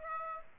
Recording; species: mosquito wingbeat signal from an infrared sensor; Aedes aegypti